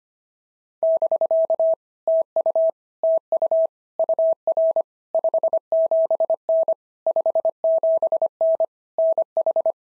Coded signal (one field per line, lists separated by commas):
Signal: Morse code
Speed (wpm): 25 wpm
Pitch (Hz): 650 Hz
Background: none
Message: <BK> TU TU UR 57N 57N NH